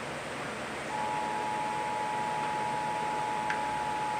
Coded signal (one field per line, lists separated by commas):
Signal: Emergency Alert System (SAME) tones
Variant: 853 and 960 Hz attention tone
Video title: National EAS Test Compilation 9/27/17 (EAS#181-186)